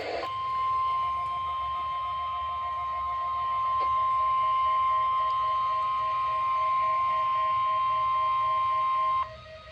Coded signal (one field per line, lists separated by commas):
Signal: Emergency Alert System (SAME) tones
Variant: 1050 Hz attention tone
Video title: THANKFUL IN NEW JERSEY... (EAS 6356-6361 From 11/27/24)